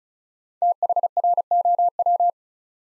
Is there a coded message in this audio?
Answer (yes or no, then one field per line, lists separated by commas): yes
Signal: Morse code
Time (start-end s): 0.6-2.3 s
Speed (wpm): 36 wpm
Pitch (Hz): 700 Hz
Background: none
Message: THROW